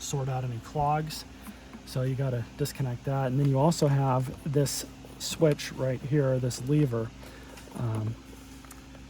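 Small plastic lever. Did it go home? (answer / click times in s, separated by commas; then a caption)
released / 8.7 s. Someone talks while pulling back the plastic release lever on the powernozzle connection of a Hoover Commercial Insight upright vacuum. The lever clicks at 8.7 s, freeing the powernozzle so it can be pulled off.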